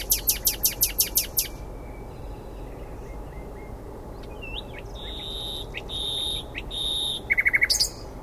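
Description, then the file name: Common nightingale song: a fast series of loud sharp repeated notes, a quiet pause, then drawn-out whistled and buzzy notes and a short rattling burst. "Luscinia megarhynchos"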